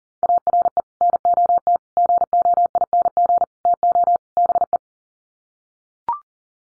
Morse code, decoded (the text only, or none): ARE NOT GOING TO BE